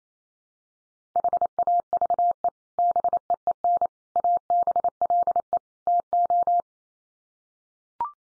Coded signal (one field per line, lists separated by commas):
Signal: Morse code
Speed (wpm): 28 wpm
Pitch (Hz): 700 Hz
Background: none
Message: HAVE BEEN ABLE TO